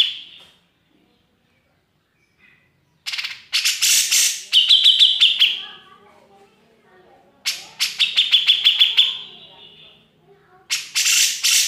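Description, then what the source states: Grey-cheeked bulbul song: harsh grating bursts leading into quick chip runs, with quiet stretches between phrases. Masteran training audio, a recording used to teach songbirds.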